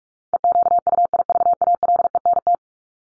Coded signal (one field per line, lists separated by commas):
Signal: Morse code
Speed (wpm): 44 wpm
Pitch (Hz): 700 Hz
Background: none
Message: EQUIVALENT